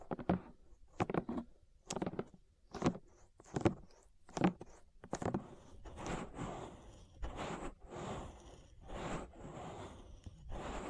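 Ear massage sounds: soft rubbing and brushing strokes arrive in regular pulses about once a second for the first five seconds, each a short bright swish. After that the rubbing turns slower and more continuous, with longer smeared strokes and a low, muffled rumble underneath.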